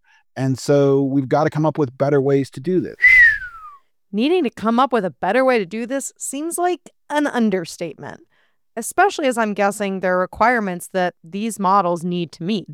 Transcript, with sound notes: And so we've got to come up with better ways to do this.
(Whistles) Needing to come up with a better way to do this seems like an understatement. Especially as I am guessing there are requirements that these models need to meet?